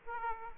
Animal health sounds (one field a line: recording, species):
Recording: mosquito wingbeat signal from an infrared sensor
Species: Aedes aegypti